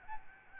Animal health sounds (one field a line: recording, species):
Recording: mosquito wingbeat signal from an infrared sensor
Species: Aedes albopictus